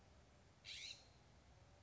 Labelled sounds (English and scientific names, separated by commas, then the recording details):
California Scrub-Jay (Aphelocoma californica)
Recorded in Sonoma County, California